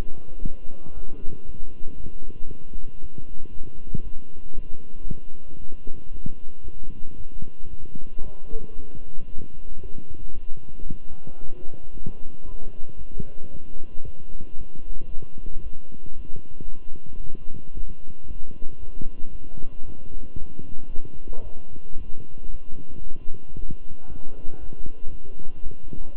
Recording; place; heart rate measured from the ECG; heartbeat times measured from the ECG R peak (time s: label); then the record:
heart sounds by stethoscope; between the tricuspid and mitral areas; 114 bpm
0.41 s: heartbeat
0.93 s: heartbeat
1.45 s: heartbeat
1.96 s: heartbeat
2.47 s: heartbeat
3.00 s: heartbeat
3.52 s: heartbeat
4.03 s: heartbeat
4.55 s: heartbeat
5.08 s: heartbeat
5.60 s: heartbeat
6.12 s: heartbeat
6.64 s: heartbeat
7.17 s: heartbeat
7.70 s: heartbeat
8.22 s: heartbeat
8.75 s: heartbeat
9.28 s: heartbeat
9.82 s: heartbeat
10.34 s: heartbeat
10.87 s: heartbeat
11.40 s: heartbeat
11.93 s: heartbeat
12.45 s: heartbeat
12.97 s: heartbeat
13.51 s: heartbeat
14.04 s: heartbeat
14.57 s: heartbeat
15.09 s: heartbeat
15.62 s: heartbeat
16.15 s: heartbeat
16.68 s: heartbeat
17.20 s: heartbeat
17.73 s: heartbeat
18.27 s: heartbeat
18.79 s: heartbeat
19.31 s: heartbeat
19.85 s: heartbeat
20.38 s: heartbeat
20.90 s: heartbeat
21.43 s: heartbeat
21.97 s: heartbeat
22.50 s: heartbeat
23.02 s: heartbeat
23.55 s: heartbeat
24.08 s: heartbeat
24.59 s: heartbeat
25.10 s: heartbeat
25.62 s: heartbeat
26.14 s: heartbeat
From the record:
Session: walking at 3.7 km/h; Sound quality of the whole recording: good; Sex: male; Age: 23 years